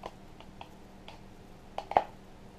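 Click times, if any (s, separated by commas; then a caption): 2.0 s. A knife is pushed into a leather sheath, and the point of its guard rides over a high spot before dropping into a small retention pocket. Faint ticks near 0.1, 0.6 and 1.1 seconds lead to two sharper clicks at 1.8 and 1.9 seconds, then the loudest pop at 2.0 seconds. The knife seats in the pocket and will not come out.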